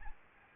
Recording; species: mosquito wingbeat signal from an infrared sensor; Aedes albopictus